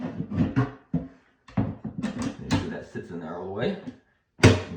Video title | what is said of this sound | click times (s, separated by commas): Project source ready to assemble cabinet from Lowe’s. Quick tutorial on assembly. | it Clips right down | 4.4 s